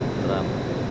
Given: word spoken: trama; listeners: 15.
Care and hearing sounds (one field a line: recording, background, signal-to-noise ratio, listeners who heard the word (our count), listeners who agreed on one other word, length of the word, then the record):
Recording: one Spanish word in noise, from a listening test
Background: speech-shaped noise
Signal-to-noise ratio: -4.1 dB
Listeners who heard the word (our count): 0 of 15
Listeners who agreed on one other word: 7 of 15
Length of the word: 0.51 s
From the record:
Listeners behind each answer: 7, 1, 1, 1, 1, 1, 1, 1, 1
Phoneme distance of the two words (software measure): 17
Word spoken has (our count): 2 syllables, 5 phonemes, stress on syllable 1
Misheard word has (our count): 2 syllables, 4 phonemes, stress on syllable 1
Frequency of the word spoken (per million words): 18.76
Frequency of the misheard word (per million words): 21.64